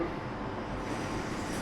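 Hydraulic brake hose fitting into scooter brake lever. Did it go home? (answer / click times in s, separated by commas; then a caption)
no / none. A hydraulic brake hose fitting is being lined up for a Ninebot G3 scooter's brake lever, held threaded side toward the person, who picks the side that fits best before clipping it in. There is only a steady broadband rumble and hiss of handling and positioning, with no distinct impacts. The fitting has not clicked or seated yet.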